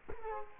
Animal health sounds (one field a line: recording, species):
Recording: mosquito wingbeat signal from an infrared sensor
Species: Culex quinquefasciatus